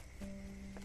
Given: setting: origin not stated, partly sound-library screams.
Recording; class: one-second piece from a danger detection set; normal situation